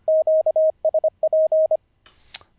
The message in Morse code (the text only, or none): QSP